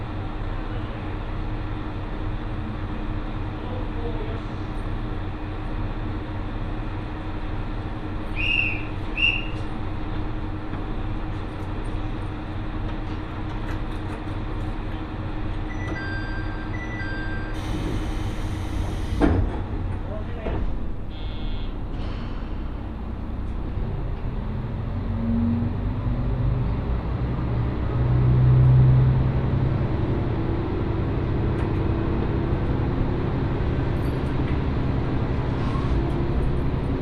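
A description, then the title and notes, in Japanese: A ride on the Mizushima Rinkai Railway from Kurashiki toward Mitsubishi Jikō-mae, with a steady low rumble and drone of the train running throughout. Around eighteen to twenty seconds a brief sharp clatter cuts in, and the rumble deepens and swells near twenty-eight seconds. 耳で楽しむ鉄道旅 水島臨海鉄道 倉敷市→三菱自工前。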